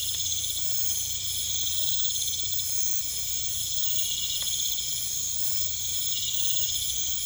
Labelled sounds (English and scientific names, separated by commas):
none